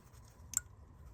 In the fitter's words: Just like that. Not sure if you guys heard that, but it's that little click. That way you know it's locked on there.